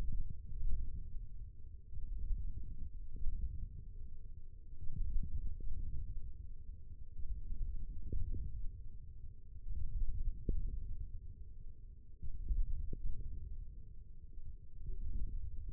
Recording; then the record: forearm muscle sounds (acoustic myography)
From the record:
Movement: wrist flexion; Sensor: system 1, eight BSWA MPA416 microphones around the upper forearm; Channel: 3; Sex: male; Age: 20 years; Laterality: left